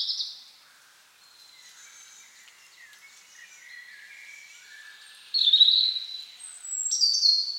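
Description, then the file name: European robin song opening with a short high note, then a soft, lower rambling warble, followed by loud, thin, high whistled phrases near the end. "Erithacus rubecula"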